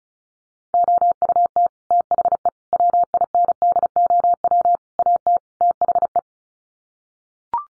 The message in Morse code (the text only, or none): OUT THE WINDOW AT THE